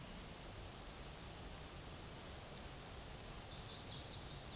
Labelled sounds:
Black-and-white Warbler song
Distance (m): 35 m
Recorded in a Pennsylvania forest on 18 May 2023 at 13:55
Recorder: AudioMoth, point grid1_28_low
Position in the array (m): 75 m, 105 m

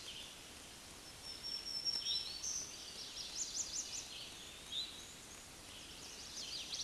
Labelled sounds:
Black-throated Green Warbler song
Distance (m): 20 m
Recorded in a Pennsylvania forest on 20 May 2023 at 06:31
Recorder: AudioMoth, point grid1_13_low
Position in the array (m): 116 m, 127 m

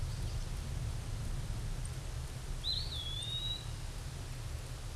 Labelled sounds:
Eastern Wood-Pewee song
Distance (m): 10 m
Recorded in a Pennsylvania forest on 17 May 2023 at 14:06
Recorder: AudioMoth, point grid1_19_low
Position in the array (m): 99 m, 192 m

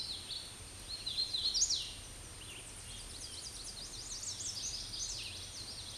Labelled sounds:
Hooded Warbler song
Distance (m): 25 m
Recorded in a Pennsylvania forest on 18 May 2023 at 07:32
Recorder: AudioMoth, point grid1_31_low
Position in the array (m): 158 m, 114 m

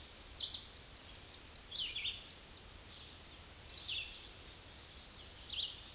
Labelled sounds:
Chestnut-sided Warbler song
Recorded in a Pennsylvania forest on 18 May 2023 at 09:05
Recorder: AudioMoth, point grid1_39_low
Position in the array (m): 146 m, 196 m

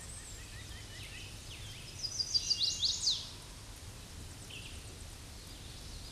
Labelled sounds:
Chestnut-sided Warbler song
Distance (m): 20 m
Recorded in a Pennsylvania forest on 18 May 2023 at 07:45
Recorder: AudioMoth, point grid1_19_low
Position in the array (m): 120 m, 205 m

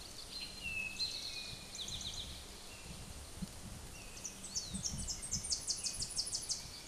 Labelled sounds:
Eastern Towhee song
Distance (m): 50 m
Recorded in a Pennsylvania forest on 17 May 2023 at 13:26
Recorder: AudioMoth, point grid1_28_low
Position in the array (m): 111 m, 106 m

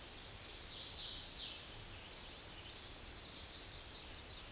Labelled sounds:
Hooded Warbler song
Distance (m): 45 m
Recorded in a Pennsylvania forest on 18 May 2023 at 06:06
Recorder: AudioMoth, point grid1_30_low
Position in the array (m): 142 m, 82 m

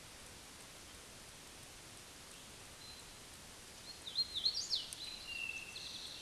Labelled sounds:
Hooded Warbler song
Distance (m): 55 m
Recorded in a Pennsylvania forest on 17 May 2023 at 20:30
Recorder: AudioMoth, point grid1_29_low
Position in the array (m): 85 m, 92 m

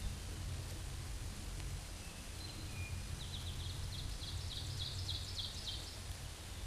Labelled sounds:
Ovenbird song
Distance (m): 80 m
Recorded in a Pennsylvania forest on 17 May 2023 at 13:25
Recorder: AudioMoth, point grid1_34_low
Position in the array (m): 148 m, 64 m

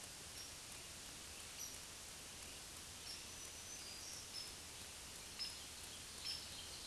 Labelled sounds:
Black-throated Green Warbler song
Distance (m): 65 m
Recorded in a Pennsylvania forest on 1 June 2023 at 06:07
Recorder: AudioMoth, point grid3_13_low
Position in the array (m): 135 m, 83 m

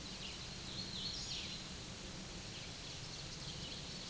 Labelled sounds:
Hooded Warbler song
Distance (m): 55 m
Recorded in a Pennsylvania forest on 18 May 2023 at 09:24
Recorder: AudioMoth, point grid1_16_low
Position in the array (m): 183 m, 112 m

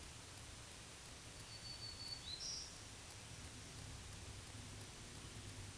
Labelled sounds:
Black-throated Green Warbler song
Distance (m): 60 m
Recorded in a Pennsylvania forest on 1 June 2023 at 08:45
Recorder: AudioMoth, point grid3_19_low
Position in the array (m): 166 m, 241 m

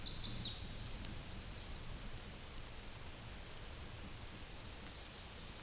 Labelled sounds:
Black-and-white Warbler song
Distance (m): 35 m
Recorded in a Pennsylvania forest on 18 May 2023 at 13:56
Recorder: AudioMoth, point grid1_29_low
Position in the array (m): 66 m, 101 m

